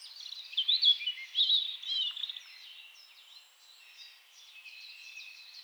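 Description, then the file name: European robin song, a short high warbling phrase of tumbling notes, followed by faint thin calls in the background. "Erithacus rubecula"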